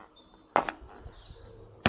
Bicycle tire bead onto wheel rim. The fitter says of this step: And you'll hear, you'll know it's seated cuz it snaps back in.